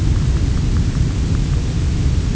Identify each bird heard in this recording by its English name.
none